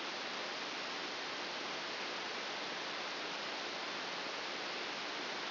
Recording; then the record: brain microelectrode recording played as sound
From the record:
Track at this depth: inside the subthalamic nucleus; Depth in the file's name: 1.005 mm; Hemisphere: right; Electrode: 2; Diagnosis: Parkinson's disease